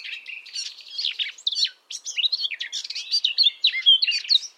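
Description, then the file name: Common nightingale song: a continuous jumble of quick varied chirps and twittering notes with barely any pause. "Luscinia megarhynchos"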